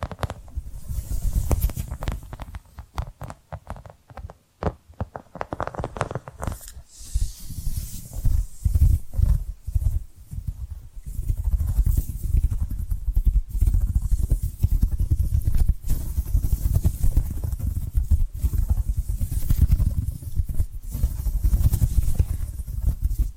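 Dense tapping and scratching with a constant low rumble, many sharp clicks early on, then steadier rough scratching that swells and fades repeatedly.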